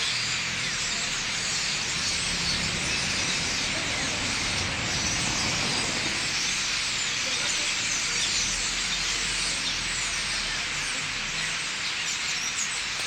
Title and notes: 4 Rue des Prisons, 87000 Limoges, France - Starlings - étourneaux. Un bon millier d'étourneaux se rassemblent dans les arbres